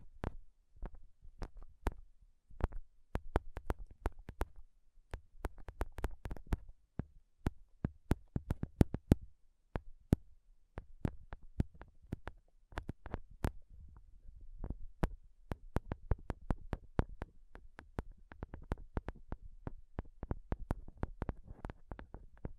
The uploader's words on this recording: ASMR INTENSE MIC TAPPING Sounds Using Nails (no talking).